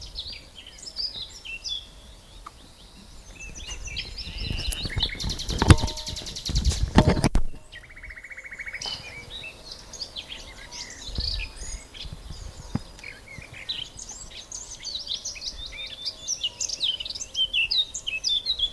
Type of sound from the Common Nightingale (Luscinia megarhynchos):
song